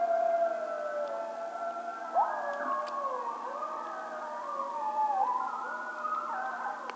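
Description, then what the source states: Coyote howls, long sliding wails that rise and fall and overlap with a second voice, with a short yelp near the middle. Howling, recorded on 16 March 2007.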